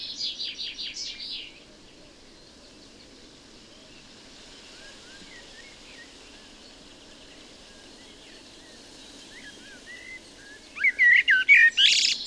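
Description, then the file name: Common blackbird singing: a burst of rapid high chattering notes, a long quiet stretch with soft faint warbling, then a loud squeaky twittering flourish at the end. "Turdus merula"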